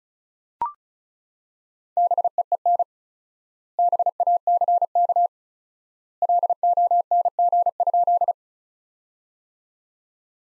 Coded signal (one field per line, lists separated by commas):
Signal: Morse code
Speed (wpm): 34 wpm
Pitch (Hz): 700 Hz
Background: none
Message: BEEN BACK LONG?